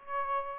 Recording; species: mosquito wingbeat signal from an infrared sensor; Aedes aegypti